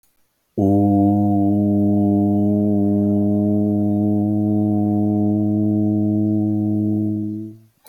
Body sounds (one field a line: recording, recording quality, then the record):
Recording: sustained vowel as in boot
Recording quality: excellent, no background noise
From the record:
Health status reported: healthy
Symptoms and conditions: none ticked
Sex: male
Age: 29 years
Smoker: not ticked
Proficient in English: yes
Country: United States